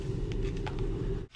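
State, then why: Seated. A plastic filter cartridge is lined up by its bayonet tabs on a half-mask respirator mount and given about a quarter turn. Over a steady low hum, several small plastic ticks sound, and the cartridge seats with a faint click at 0.7 s, locking on.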